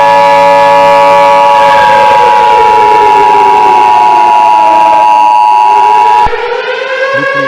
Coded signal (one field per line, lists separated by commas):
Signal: Emergency Alert System (SAME) tones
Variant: 853 and 960 Hz attention tone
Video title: EAS Scenario: Damaged